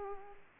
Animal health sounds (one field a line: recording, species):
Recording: mosquito wingbeat signal from an infrared sensor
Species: Aedes aegypti